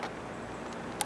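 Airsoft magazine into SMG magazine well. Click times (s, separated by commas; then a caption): 1.0 s. A plastic mid-cap magazine is pushed into the magazine well of a Classic Army Nemesis X9 airsoft SMG over a steady low background, with a soft knock at 0.0 s. It seats with a faint, short click at 1.0 s, barely audible, yet the magazine stays firmly in place.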